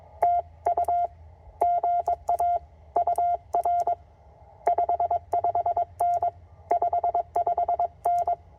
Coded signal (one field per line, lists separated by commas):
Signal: Morse code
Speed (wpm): 21 wpm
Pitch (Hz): 700 Hz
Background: none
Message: TU GA UR 55N 55N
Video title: CW POTA with the Penntek TR-45L